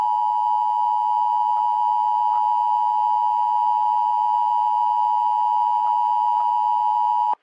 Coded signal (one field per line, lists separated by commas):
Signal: Emergency Alert System (SAME) tones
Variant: 853 and 960 Hz attention tone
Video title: The Divided States of America: An EAS Scenario